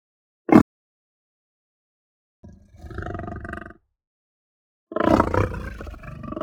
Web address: lion roar growl guttural